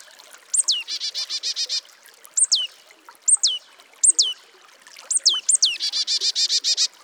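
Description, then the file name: Marsh Tit giving clear downslurred whistled notes, singly or in pairs, between two harsh buzzy chattering series of repeated notes, one near the start and one near the end. "Poecile palustris"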